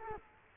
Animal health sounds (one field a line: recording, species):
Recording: mosquito wingbeat signal from an infrared sensor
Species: Culex quinquefasciatus